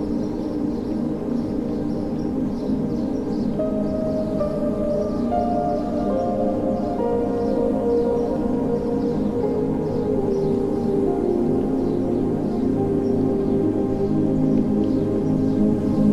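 Relaxing music of sustained, ringing tones like a gong or singing bowl forms a dense, steady drone, with held notes shifting in pitch throughout. Above it, a high bird chirps in a quick, regular repeating pattern the whole time, and the level swells slightly near the end.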